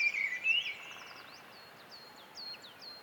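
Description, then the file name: Mistle thrush gives a brief fluty, warbled phrase at the start, followed by high, thin, rising notes. "British Library - Mistle Thrush Turdus viscivorus"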